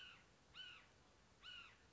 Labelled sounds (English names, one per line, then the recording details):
Red-shouldered Hawk
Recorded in Sonoma County, California